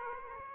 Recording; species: mosquito wingbeat signal from an infrared sensor; Aedes aegypti